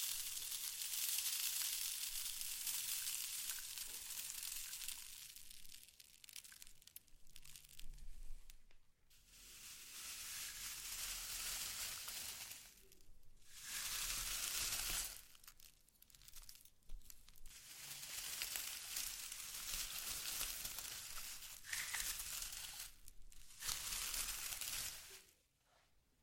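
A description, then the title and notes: Slime being squished and stretched makes dense, bright crackling and crinkling sounds that come in bursts of a few seconds each. Sharp breaks of near silence separate the bursts at around 9, 13, 15 and 23 seconds, and a faint low rumble sits underneath. ASMR SLIME! 5 Satisfying Slimes.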